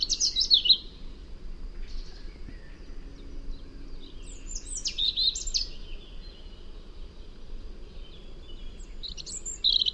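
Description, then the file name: European robin song: short, thin, high warbled phrases near the start, middle and end, separated by pauses, over a steady low rumble of background noise. "Erithacus rubecula"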